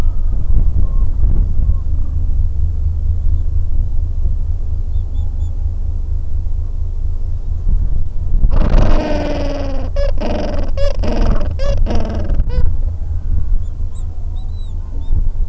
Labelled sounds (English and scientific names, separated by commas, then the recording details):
Gentoo Penguin (Pygoscelis papua)
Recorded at the colony at Godthul, on 25 December 2014
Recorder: Song Meter SM2+